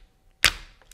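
A preset 40 inch-pound torque limiter tightens a clamp screw on a rifle barrel's hardware. A sharp, bright click sounds at 0.4 seconds and decays quickly, with faint small ticks before and after. The limiter clicks at its 40 inch-pound setting.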